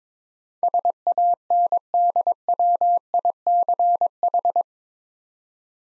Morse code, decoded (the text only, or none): SANDWICH